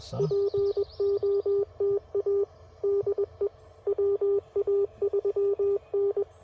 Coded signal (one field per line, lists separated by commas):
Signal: Morse code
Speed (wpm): 20 wpm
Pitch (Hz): 400 Hz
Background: radio noise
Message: POTA DE WA3N